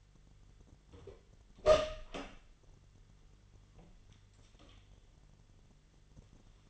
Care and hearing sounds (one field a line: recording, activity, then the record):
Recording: daily activity, microphone in the room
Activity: open door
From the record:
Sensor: 4